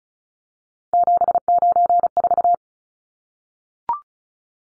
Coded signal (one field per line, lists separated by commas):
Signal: Morse code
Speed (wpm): 34 wpm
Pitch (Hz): 700 Hz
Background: none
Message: 794